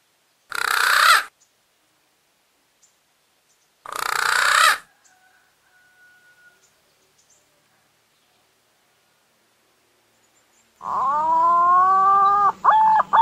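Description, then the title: Green pigeon: a drawn-out whistled note ending in a few short wavering whistles, after two loud harsh bursts and a long quiet gap. Green pigeon in full, active calling, used as a lure call for trapping birds in the wild. "BURUNG PUNAI GACOR UNTUK PIKAT DI ALAM"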